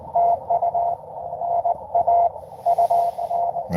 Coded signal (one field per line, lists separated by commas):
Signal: Morse code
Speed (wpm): 22 wpm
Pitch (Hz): 700 Hz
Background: none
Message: TU NA UN